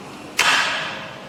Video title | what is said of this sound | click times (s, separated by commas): Miyabipilates Dreamシリーズ紹介 #ピラティス #pilates #猫背矯正 #産後ケア#一般式リフォーマー#キャフォーマー#miyabpilates#miyabireform | all right it just simply automatically locks in place and then you just adjust it 60° | 0.4 s